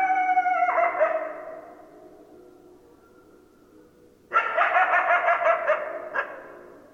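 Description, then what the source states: Coyote calls: one wavering harmonic howl fades out, then a second harsh, quavering call starts abruptly and trails off. Recorded 10 December 2012; more than one coyote.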